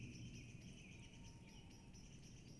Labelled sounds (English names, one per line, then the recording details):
Tawny Owl
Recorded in Germany
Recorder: ecoPi